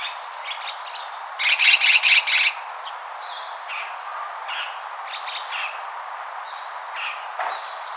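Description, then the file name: Chestnut-cheeked starling calls: a second-long burst of harsh buzzy repeated notes, then scattered short chirps over a steady background hiss. "Sturnus philippensis"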